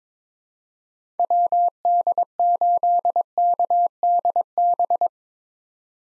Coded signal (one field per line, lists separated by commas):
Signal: Morse code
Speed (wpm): 22 wpm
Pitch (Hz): 700 Hz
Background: none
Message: WD8KDB